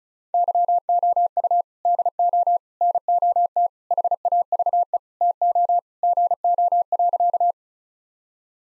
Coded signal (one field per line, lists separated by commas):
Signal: Morse code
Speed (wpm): 36 wpm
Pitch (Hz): 700 Hz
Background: none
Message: YOU DO NOT HAVE TO GO.